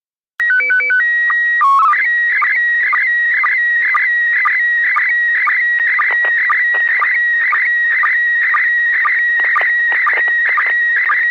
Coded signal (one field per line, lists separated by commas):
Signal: SSTV (slow-scan television)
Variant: PD 120